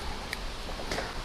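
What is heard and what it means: After the high and low brake/tail light globes are fitted into a new wiring loom on a BA Falcon, the loom's bulb holder is locked into the tail light housing. A sharp, short click at 0.3 s marks it seating, followed by a softer, longer knock around 0.9 s. The holder is locked into place.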